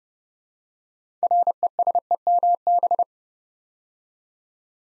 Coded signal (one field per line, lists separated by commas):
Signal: Morse code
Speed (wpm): 30 wpm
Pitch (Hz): 700 Hz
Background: none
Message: RESEMB